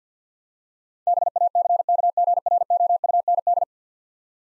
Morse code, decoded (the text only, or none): BACKGROUND